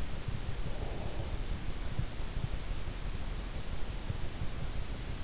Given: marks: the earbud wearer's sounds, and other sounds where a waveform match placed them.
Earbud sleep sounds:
sounds in sleep by an in-ear microphone; breath
0.59-1.51 s: breath

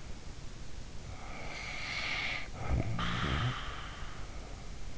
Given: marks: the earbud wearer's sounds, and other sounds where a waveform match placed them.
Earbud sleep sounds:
sounds in sleep by an in-ear microphone; snoring breath
0.98-4.27 s: snoring breath

